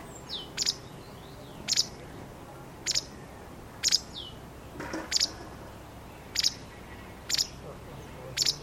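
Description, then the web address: Bird calls: crisp high chirps repeated about once a second. "Bird Only"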